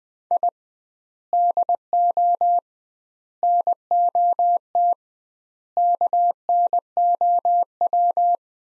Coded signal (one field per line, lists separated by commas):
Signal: Morse code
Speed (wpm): 21 wpm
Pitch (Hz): 700 Hz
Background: none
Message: I DO NOT KNOW